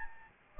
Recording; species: mosquito wingbeat signal from an infrared sensor; Aedes albopictus